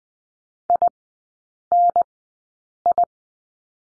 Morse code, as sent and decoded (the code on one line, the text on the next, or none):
.. -. ..
INI